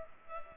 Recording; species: mosquito wingbeat signal from an infrared sensor; Culex pipiens